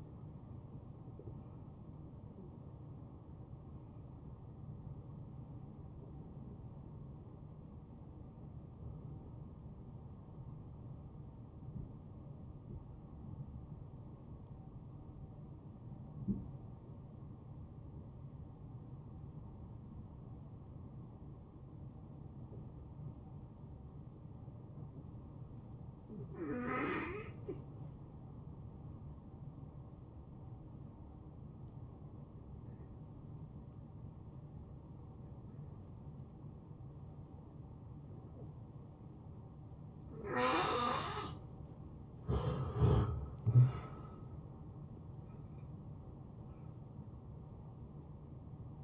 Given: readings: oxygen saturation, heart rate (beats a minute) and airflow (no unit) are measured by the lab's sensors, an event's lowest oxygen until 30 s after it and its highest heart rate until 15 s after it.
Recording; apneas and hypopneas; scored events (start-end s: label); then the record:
breathing in sleep by a smartphone at the bedside; 1
3.00-41.00 s: hypopnea (N2, oxygen 92% highest, then 77% lowest, heart rate 81 at the start, 81 highest)
From the record:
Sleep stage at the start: N2 (light sleep); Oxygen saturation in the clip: 81 to 92%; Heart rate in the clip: 69 to 83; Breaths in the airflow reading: 11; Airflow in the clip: -15.1 to 6.9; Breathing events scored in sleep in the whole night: 263 in 5.5 hours asleep